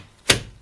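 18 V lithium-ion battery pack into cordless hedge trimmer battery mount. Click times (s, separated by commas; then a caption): 0.3 s. A Makita 18 V, 3 amp-hour lithium-ion battery pack is slid onto the battery mount of a Makita LXHU02Z LXT cordless hedge trimmer. A single sharp, bright click sounds at 0.3 s and fades over about a tenth of a second against a quiet background. The pack latches and is seated in place.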